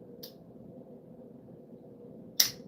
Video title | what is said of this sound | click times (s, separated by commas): Kenman, Dan Kenman is live! | Wow. Did you hear that? Snap. | 2.4 s